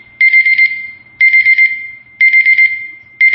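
An alarm clock goes off with loud, high-pitched electronic beeping: quick bursts of four rapid beeps that repeat about once per second, with no voices over them.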